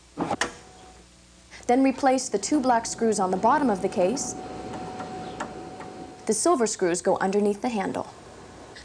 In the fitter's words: Slide the case on so that it clicks into place